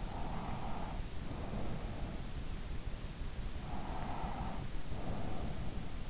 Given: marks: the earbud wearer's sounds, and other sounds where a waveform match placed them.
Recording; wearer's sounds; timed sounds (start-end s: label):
sounds in sleep by an in-ear microphone; breath
0.09-1.93 s: breath
3.60-5.89 s: breath